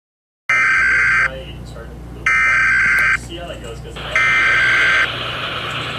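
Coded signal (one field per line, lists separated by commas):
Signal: Emergency Alert System (SAME) tones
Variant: header bursts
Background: speech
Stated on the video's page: Fictional EAS scenario, a made-up alert.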